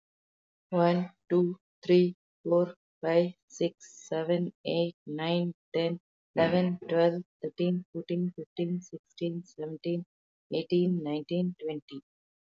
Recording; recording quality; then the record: counting at a normal pace; excellent, no background noise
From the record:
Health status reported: healthy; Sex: female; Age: 37 years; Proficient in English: yes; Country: India